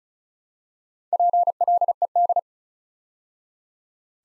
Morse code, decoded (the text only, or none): PLED